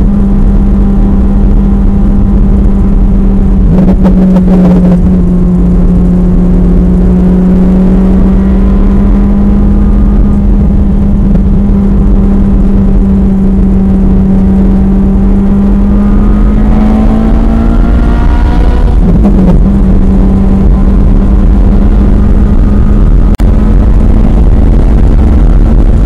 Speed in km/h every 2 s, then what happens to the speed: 108, 101, 97, 105, 111, 106, 105, 114, 132, 135, 143, 148, 158.
0-3 brakes to 97. 3-7 speeds up to 111. 7-13 steady at about 106. 13-26 speeds up to 158.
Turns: 7-15.